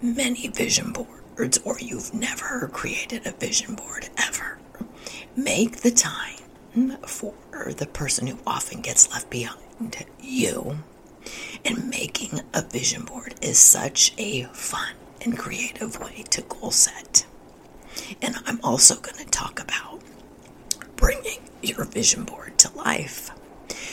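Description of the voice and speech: An adult woman speaks in a hoarse, breathy, partly whispered voice. She has spasmodic dysphonia, a vocal condition.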